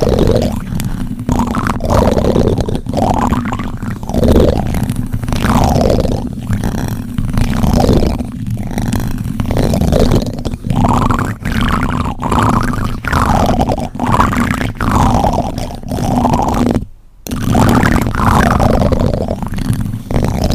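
Wet, sticky squelching gurgles swoop up and down roughly every second over a steady low drone, pausing briefly near seventeen seconds.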